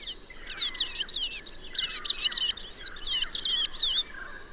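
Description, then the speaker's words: Blue-gray Tanager song: a fast run of very high, squeaky, twisting notes repeated about three per second for over three seconds, over a steady high hiss. Song described as beautiful but very raspy, with tees and tsk sounds in multiple parts. "Their song, I think it's very beautiful, but like it's a very raspy song."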